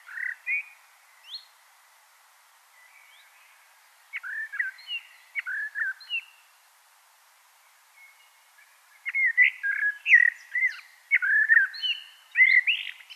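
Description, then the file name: Blackbird song heard softly: scattered short fluty notes, then a busier run of warbled whistles and squeaky twitters, over faint background hiss. "Turdus merula"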